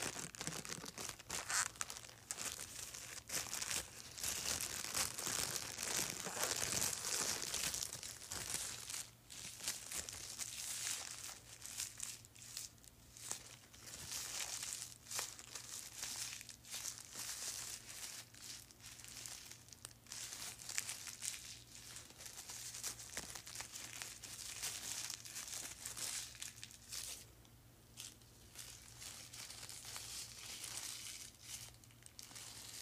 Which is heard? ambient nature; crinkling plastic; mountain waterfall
crinkling plastic